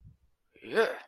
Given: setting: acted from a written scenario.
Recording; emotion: vocal sound without words; triumph